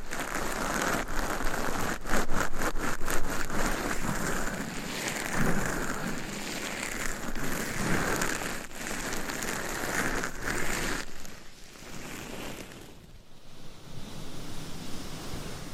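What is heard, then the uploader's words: Scratching, tapping and massage: a steady, dense scratchy rustle runs throughout, with a quick run of sharp taps clustered in the first three seconds and a few scattered taps after. Around eleven to fourteen seconds the rubbing thins and softens before picking up again. Scratching , Tapping & Massage with DIFFERENT Mics , Items & Nails.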